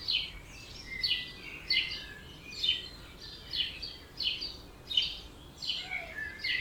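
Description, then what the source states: Birds singing in a dawn chorus, high chirping phrases repeated with overlapping twitters over a soft background hiss. Dawn chorus at 4am in Oberhofen, Inntal, Austria; binaural recording, best heard with headphones.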